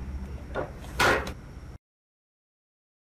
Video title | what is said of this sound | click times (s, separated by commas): HP Notebook 15-bs076nr Teardown and Disassembly - SSD/RAM Upgrade/Repair Guide + More | and very carefully slide it in here until it clicks into place like so | 1.0 s